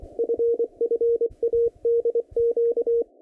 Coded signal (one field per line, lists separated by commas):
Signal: Morse code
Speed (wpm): 24 wpm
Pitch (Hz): 470 Hz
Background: radio noise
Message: FFADQ